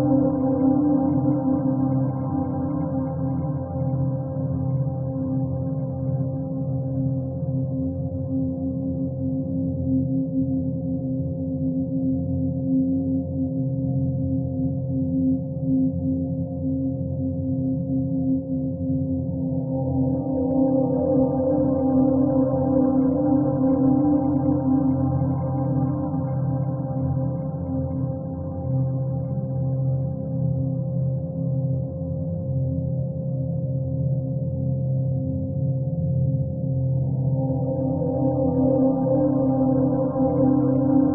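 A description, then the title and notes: A steady 528 Hz tone rings throughout, layered over a dense, humming low drone with a bowl-like shimmer. The sound stays even and continuous, swelling slightly brighter around twenty seconds and again near thirty-seven seconds before settling back. 528 HZ - Frequenza Miracolo. La nota è il Mi.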